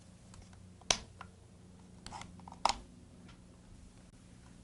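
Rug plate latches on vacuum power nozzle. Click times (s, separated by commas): 0.9 s, 2.7 s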